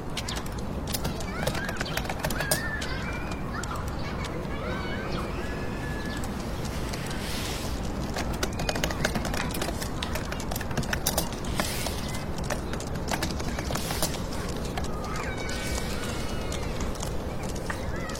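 Soft fingertip typing in a computer room, a scatter of quick, irregular taps layered over a steady, dense urban hiss and low rumble that never lets up. Faint chirping whistles surface now and then, and the overall level stays even throughout.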